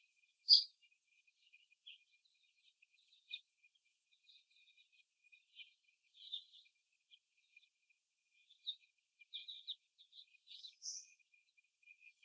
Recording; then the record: young laying hens in a cage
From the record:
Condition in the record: before the stressor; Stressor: simulated dog barking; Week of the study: 1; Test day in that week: 2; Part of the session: 2